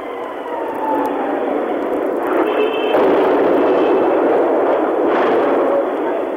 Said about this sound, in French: un sifflement au-dessus des toits blancs de la ville, une double explosion en plein cœur de la capitale, ce ne sont pas les seuls.